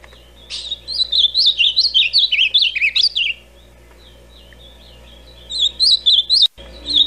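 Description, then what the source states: Ultramarine grosbeak song of quick, rollicking whistled notes that rise and fall, repeated as two phrases separated by a short gap, over faint steady background hum. Classic original song of the ultramarine grosbeak, billed as the best song for training birds.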